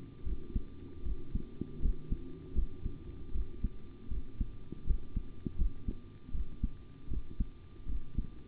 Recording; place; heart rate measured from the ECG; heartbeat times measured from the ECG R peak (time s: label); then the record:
heart sounds by stethoscope; between the tricuspid and mitral areas; 79 bpm
0.24 s: heartbeat
1.03 s: heartbeat
1.80 s: heartbeat
2.54 s: heartbeat
3.32 s: heartbeat
4.09 s: heartbeat
4.85 s: heartbeat
5.56 s: heartbeat
6.32 s: heartbeat
7.08 s: heartbeat
7.86 s: heartbeat
From the record:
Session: rest, sitting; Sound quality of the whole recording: good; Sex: male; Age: 25 years